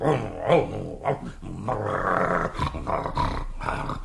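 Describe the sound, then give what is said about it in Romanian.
A dog, Signor Mastino, stretched out at full length and snoring, with deep rumbling, growl-like breaths that rise and fall in uneven waves, fairly loud and continuous for a few seconds with no talking. “S-a întins cât e de lung și sforăie.”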